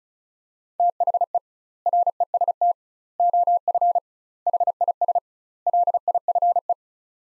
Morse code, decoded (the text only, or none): THE REST OF HIS LIFE